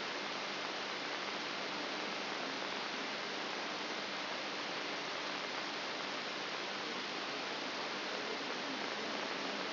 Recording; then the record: brain microelectrode recording played as sound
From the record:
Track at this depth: outside the subthalamic nucleus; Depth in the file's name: 5.501 mm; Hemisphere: left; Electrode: 3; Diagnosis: Parkinson's disease